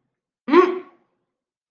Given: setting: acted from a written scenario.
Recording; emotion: vocal sound without words; anger